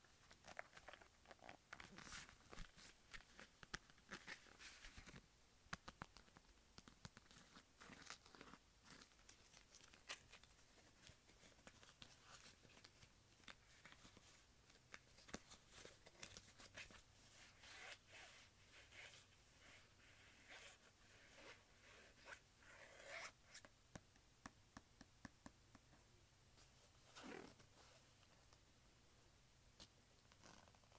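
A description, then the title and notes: A leather wallet being handled, with dense, irregular crackles, creaks and rubbing clicks running through the whole clip. Sharp ticks cluster in bursts, busiest around five, fifteen and twenty-three seconds, with a louder scrape near twenty-seven seconds over a faint low hum. ASMR Leather Wallet Sounds.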